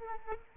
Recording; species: mosquito wingbeat signal from an infrared sensor; Aedes aegypti